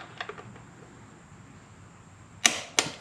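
A torque wrench tightens another clutch pressure plate bolt in a criss-cross pattern while installing a Trask Power Plate on a Harley-Davidson clutch. A few faint ticks sound early on, then sharp clicks at 2.5 s and 2.8 s confirm the wrench has reached its set torque.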